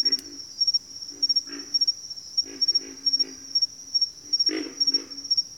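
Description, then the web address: Pig frog calls: low, pulsed grunts in short, irregular bursts, over a steady high insect drone. "Sleep Sounds of Nature. Pig Frogs"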